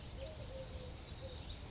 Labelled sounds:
Eurasian Collared Dove (Streptopelia decaocto)
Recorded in Sonoma County, California

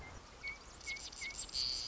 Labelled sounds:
Marsh Wren (Cistothorus palustris)
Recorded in Sonoma County, California

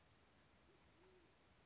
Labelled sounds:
Band-tailed Pigeon (Patagioenas fasciata)
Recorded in Sonoma County, California

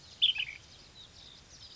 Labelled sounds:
Ash-throated Flycatcher (Myiarchus cinerascens)
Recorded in Sonoma County, California

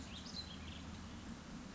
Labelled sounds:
House Finch (Haemorhous mexicanus)
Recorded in Sonoma County, California

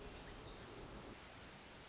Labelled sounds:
Pacific Wren (Troglodytes pacificus)
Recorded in Sonoma County, California

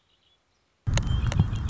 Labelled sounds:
Red-winged Blackbird (Agelaius phoeniceus)
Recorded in Sonoma County, California

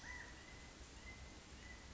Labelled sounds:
California Quail (Callipepla californica)
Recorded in Sonoma County, California

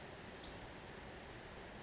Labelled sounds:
Western Flycatcher (Empidonax difficilis)
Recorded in Sonoma County, California

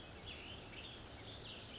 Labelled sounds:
Western Tanager (Piranga ludoviciana)
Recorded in Sonoma County, California

